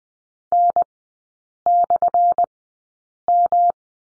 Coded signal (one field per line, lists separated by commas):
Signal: Morse code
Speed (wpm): 20 wpm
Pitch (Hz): 700 Hz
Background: none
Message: N/M